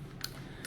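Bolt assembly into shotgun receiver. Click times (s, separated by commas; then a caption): 0.2 s. During reassembly of a Sulun Arms Tacsoras lever-release shotgun, the bolt assembly is pushed into the receiver so its rear push rod feeds into the buffer system. A sharp metallic hit sounds at 0.2 s as it seats home, followed by a fainter tick at 0.7 s over a low steady background.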